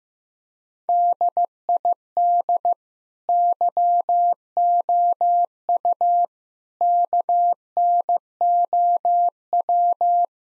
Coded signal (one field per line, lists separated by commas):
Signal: Morse code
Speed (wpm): 16 wpm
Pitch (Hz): 700 Hz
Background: none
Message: DID YOU KNOW